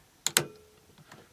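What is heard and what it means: The bolt of a ShinSung Career Ultra air rifle is slid forward until the metal locking mechanism engages, producing two sharp metallic clicks at 0.3 s and 0.4 s, followed by faint, softer sounds around 1.0 and 1.1 s. The bolt is now locked in place.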